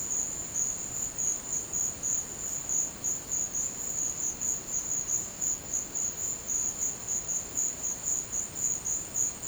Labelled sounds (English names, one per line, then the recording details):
none
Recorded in dense forest near Puerto Asís, Putumayo, Colombia, on 24 March 2025 at 14:00
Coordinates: 0.500, -76.322
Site GP06